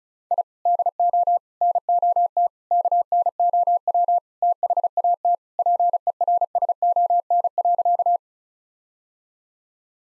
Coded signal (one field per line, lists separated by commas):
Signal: Morse code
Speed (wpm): 34 wpm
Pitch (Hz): 700 Hz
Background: none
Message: I DO NOT KNOW THAT PERSON.